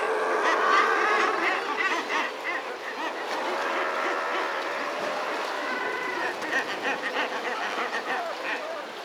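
Guillemot calls, many harsh, purring growls overlapping in a busy, steady chorus with rapid pulsed notes.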